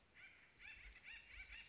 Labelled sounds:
Acorn Woodpecker (Melanerpes formicivorus)
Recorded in Sonoma County, California

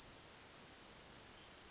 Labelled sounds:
Western Flycatcher (Empidonax difficilis)
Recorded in Sonoma County, California

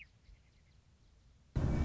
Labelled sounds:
Western Meadowlark (Sturnella neglecta)
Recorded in Sonoma County, California

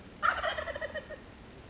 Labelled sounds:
Wild Turkey (Meleagris gallopavo)
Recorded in Sonoma County, California

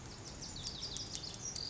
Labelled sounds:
Lazuli Bunting (Passerina amoena)
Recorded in Sonoma County, California

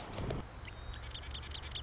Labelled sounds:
Marsh Wren (Cistothorus palustris)
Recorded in Sonoma County, California

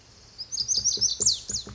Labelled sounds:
Lazuli Bunting (Passerina amoena)
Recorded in Sonoma County, California

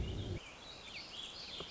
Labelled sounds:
Warbling Vireo (Vireo gilvus)
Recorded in Sonoma County, California

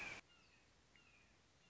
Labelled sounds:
Red-shouldered Hawk (Buteo lineatus)
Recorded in Sonoma County, California

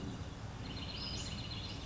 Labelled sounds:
Western Flycatcher (Empidonax difficilis)
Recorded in Sonoma County, California

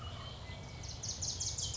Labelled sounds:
Wilson's Warbler (Cardellina pusilla)
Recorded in Sonoma County, California

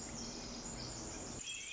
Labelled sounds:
Pacific Wren (Troglodytes pacificus)
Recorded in Sonoma County, California

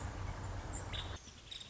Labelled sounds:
Nuttall's Woodpecker (Dryobates nuttallii)
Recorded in Sonoma County, California

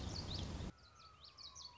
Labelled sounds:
Common Yellowthroat (Geothlypis trichas)
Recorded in Sonoma County, California

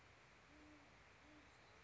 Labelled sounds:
Great Horned Owl (Bubo virginianus)
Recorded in Sonoma County, California

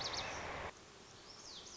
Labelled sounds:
Lazuli Bunting (Passerina amoena)
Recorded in Sonoma County, California

